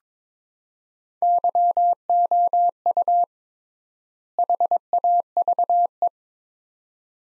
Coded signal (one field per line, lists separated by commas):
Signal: Morse code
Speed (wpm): 22 wpm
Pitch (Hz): 700 Hz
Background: none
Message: YOU HAVE